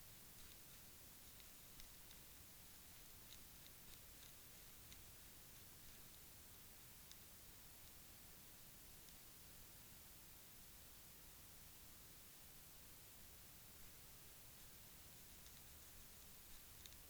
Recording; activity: daily activity, guitar pickup as the sensor; brush teeth